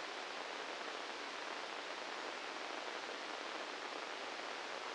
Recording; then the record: brain microelectrode recording played as sound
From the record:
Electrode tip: inside the subthalamic nucleus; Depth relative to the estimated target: 0 mm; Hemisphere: left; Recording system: NeuroSet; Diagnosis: Parkinson's disease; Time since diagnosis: 9 years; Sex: male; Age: 61 years